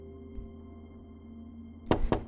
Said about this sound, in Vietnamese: Bỗng dưng bên ngoài vang lên tiếng gõ cửa.